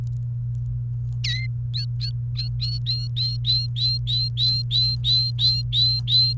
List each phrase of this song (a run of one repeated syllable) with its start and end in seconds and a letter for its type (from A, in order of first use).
1.24-1.46 A, 1.74-2.10 B, 2.36-6.38 B